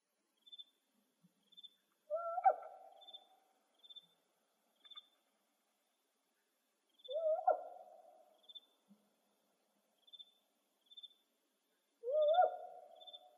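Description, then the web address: Spotted owl giving three hoarse, upslurred barking calls with raspy trailing tails, roughly every five seconds, over steady faint high insect chirps. Recorded in Arizona, May 31, 2006. "Owls SPOW. deviche"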